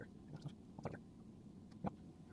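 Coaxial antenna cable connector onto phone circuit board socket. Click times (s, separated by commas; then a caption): 1.9 s. The snap-on connector of a blue coaxial antenna cable is lined up and pressed onto its socket on a Samsung Galaxy S9+ circuit board. A few soft handling taps come before it, and at 1.9 seconds a sharp little click rings out as the connector seats.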